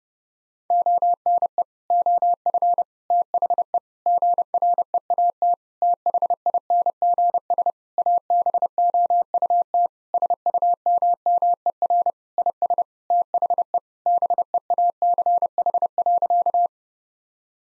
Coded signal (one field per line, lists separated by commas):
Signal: Morse code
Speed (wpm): 30 wpm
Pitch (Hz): 700 Hz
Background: none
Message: ONE OF THE GREAT THINGS ABOUT SUMMER IS THE BEACH.